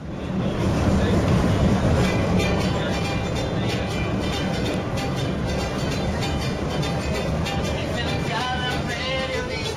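A steady, loud rumble inside a moving metro carriage in Barcelona, Spain, with rattling clatter from the tracks and muffled voices mixed into the constant roar throughout.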